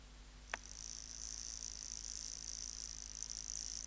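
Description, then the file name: Grasshopper song begins after a brief click: a continuous high, rasping buzz that carries on steadily to the end. "Stenobothrus rubicundulus"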